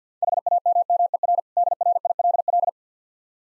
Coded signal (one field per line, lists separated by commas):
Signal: Morse code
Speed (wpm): 50 wpm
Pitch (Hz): 700 Hz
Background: none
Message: HAMMER DRILL